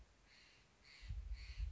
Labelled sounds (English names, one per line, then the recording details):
Steller's Jay
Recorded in Sonoma County, California